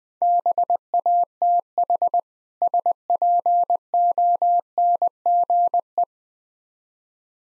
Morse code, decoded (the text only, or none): BATH SPONGE